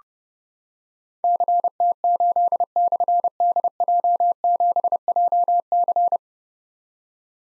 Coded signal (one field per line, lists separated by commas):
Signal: Morse code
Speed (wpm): 30 wpm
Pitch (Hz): 700 Hz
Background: none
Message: CT8/DJ7JC